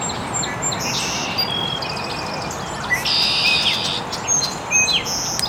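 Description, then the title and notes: Birds: bird chorus of scattered high chirps and thin whistles, with a denser patch of twittering midway, over a steady hiss. Birds chirping very early in the morning in an estuary. "Birds Chirping in the Early Morning. Original sounds of birds chirping very early in the morning in an estuary"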